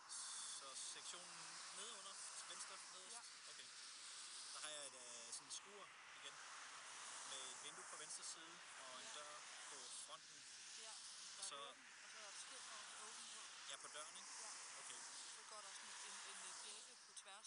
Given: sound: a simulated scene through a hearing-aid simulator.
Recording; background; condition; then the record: conversation; traffic; 0 dB SNR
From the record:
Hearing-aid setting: III (slow-acting compression, loudness normalization, advanced features for about 2.5 dB of SNR improvement); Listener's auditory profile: C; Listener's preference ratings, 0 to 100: 50, 34, 69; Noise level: 75 dB SPL